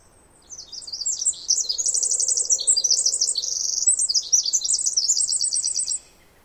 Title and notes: The very loud Pacific Wren. Snider Jackson/ Rugged Ridge trail. 2018 May 11-13